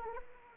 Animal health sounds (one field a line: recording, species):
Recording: mosquito wingbeat signal from an infrared sensor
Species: Anopheles arabiensis